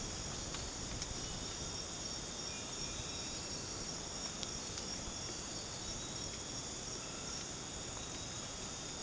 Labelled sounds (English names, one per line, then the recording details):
none
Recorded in dense forest near Puerto Asís, Putumayo, Colombia, on 12 March 2025 at 02:00
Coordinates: 0.486, -76.317
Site G053